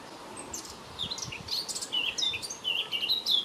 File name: طائر القبعة السوداء